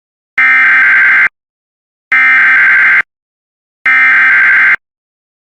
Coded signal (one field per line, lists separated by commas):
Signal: Emergency Alert System (SAME) tones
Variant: header bursts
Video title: Some Flash Flood Warnings & Weeklies From 10/27/2022